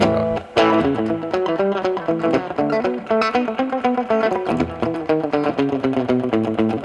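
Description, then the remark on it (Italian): An electric guitar plays a quick, steady run of bright notes, each one doubled by an echo effect into a dense, shimmering cascade that keeps going at an even volume with no voices. “Allora loro suonavano con un eco che raddoppiavano, facevano e dopo veniva fuori. perché io adesso sto suonando doppio, doppio, però l'effetto era, loro lo facevano spesso con un eco che raddoppiava il suono.”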